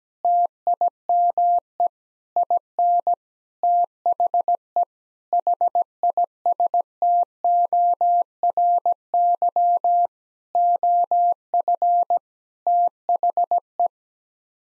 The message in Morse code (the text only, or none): TIME IN THE HISTORY OF THE